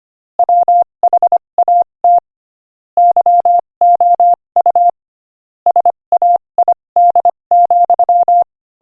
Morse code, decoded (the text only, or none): WHAT YOU SAID,